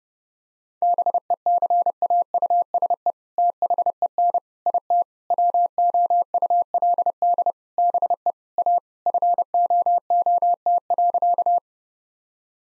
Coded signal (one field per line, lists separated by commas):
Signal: Morse code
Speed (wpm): 32 wpm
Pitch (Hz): 700 Hz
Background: none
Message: BECAUSE THEN IT WOULD BE A FOOT.